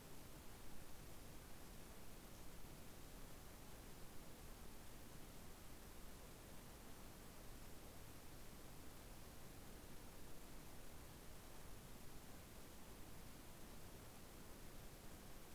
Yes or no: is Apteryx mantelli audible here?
no